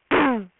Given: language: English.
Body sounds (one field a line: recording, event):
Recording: throat vibration sensor signal played as sound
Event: throat clearing